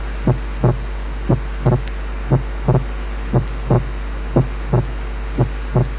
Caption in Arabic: صوت التنفس احنا شلناه عن طريق ساوند فلترز خاصة. النورمال انسبيراتلي سبيتنج بتاع السكن ساوند لوحده. كان موجود بس during inspiration وده طبيعي.